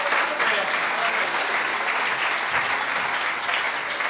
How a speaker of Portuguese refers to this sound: Vamos aplaudir os irmãos voluntários aí, vamos.